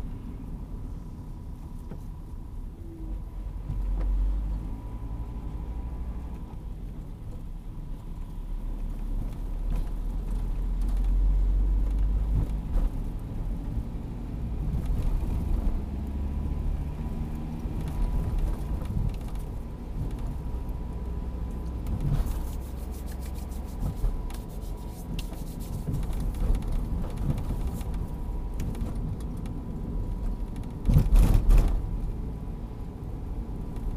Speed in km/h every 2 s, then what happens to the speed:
19, 16, 20, 18, 19, 25, 30, 36, 43, 44, 47, 48, 45, 44, 41, 39, 41.
0-8 steady at about 19. 8-21 speeds up to 48. 21-29 slows to 39.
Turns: none.